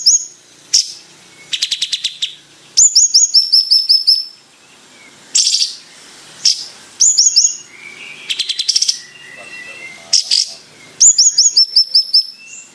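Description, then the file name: Bird song in loud bursts of sharp, high chips and rapid rattling trills, broken by brief pauses, with a few lower whistled notes between the bursts. Described as gacor, meaning singing vigorously. "bayeman gacor"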